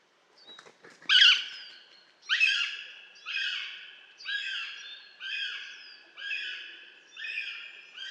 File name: Eurasian goshawk